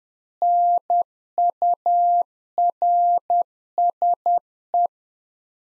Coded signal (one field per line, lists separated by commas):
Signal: Morse code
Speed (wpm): 10 wpm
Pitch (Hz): 700 Hz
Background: none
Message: NURSE